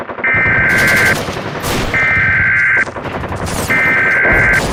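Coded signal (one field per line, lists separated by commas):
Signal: Emergency Alert System (SAME) tones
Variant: header bursts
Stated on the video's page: Fictional mock EAS scenario using valid EAS tones.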